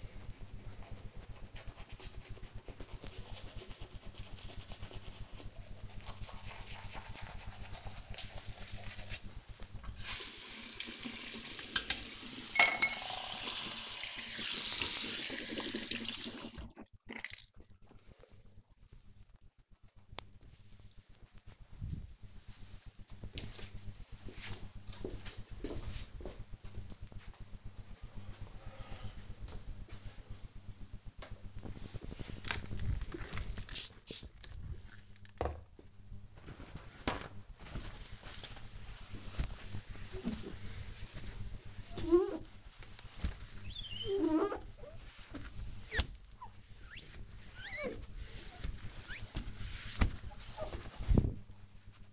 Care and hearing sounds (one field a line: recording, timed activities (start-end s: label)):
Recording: household activities, microphone on the right wrist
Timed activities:
0.00-18.85 s: brushing teeth
30.89-52.13 s: window cleaning